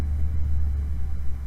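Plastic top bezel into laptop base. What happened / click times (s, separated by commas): Handled, not yet home: no seating click heard / none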